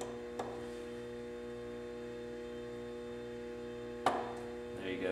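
A knife handle scale screw is backed out of its threaded bolt with an Allen wrench against a steady hum, with a faint tick at 0.4 s. At 4.1 s the threads drop into line with a small, sharp snap, seating the screw.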